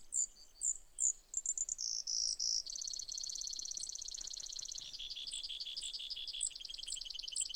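Brewer's sparrow song: high chips leading into shifting buzzy trills, some fast and some slower, run together in a long, continuous, insect-like series.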